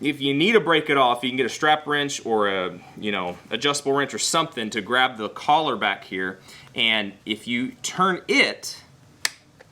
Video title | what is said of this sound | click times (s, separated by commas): Dead Air Sandman-K Review | right and you kind of hear it click that kind of loosens it up then you'll be able to unscrew it right that kind of loosens everything up | 9.2 s